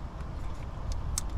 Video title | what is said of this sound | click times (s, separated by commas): 2015-2022 GMC Canyon Chevy Colorado Spark Plug Replacement 2.5 Liter 4 cylinder | Okay, listen for the snap. | 1.2 s